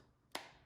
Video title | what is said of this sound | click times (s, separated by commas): DJI Mavic Mini Unboxing: Fly More Combo! | Really nice. So it just clicks into place, | 0.4 s